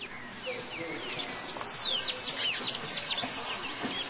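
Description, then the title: Bird twittering with quick high chirps and sweeping notes, building into a busy, continuous burst of squeaky song. "LuckyPassaro Completos2Sama"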